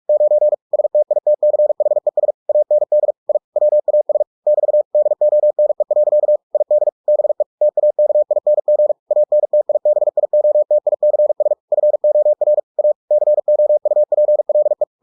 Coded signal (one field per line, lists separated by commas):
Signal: Morse code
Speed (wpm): 46 wpm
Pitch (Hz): 600 Hz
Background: none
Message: 9 STITCHES AND I WAS <BT> DONE. ID BE TAKING ANTIBIOTICS FOR A COUPLE